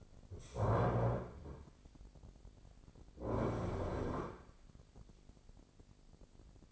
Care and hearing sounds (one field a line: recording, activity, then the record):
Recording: daily activity, microphone in the room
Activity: stand up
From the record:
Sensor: 5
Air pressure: 1009.4 hPa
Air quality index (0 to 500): 156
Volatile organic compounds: 2 ppm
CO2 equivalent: 1199 ppm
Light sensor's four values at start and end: 283/676/289/317 and 283/676/288/317